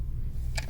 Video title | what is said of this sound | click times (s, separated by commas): Unboxing Thunderhawk M.A.S.K. Mobile Armored Strike Komand - The Loyal Subjects | Listen for the snap. | 0.6 s